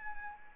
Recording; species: mosquito wingbeat signal from an infrared sensor; Anopheles arabiensis